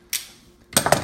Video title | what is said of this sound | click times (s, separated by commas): I love PEX and SharkBite products | And hear it click. It'll pop right off, and you can pull your fitting out and start all over again. | 0.8 s